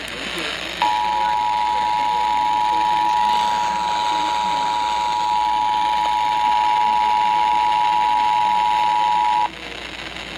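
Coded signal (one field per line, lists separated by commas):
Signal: Emergency Alert System (SAME) tones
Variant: 853 and 960 Hz attention tone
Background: speech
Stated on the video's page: Southeast Virginia Required Monthly Test EAS alert from a broadcast station.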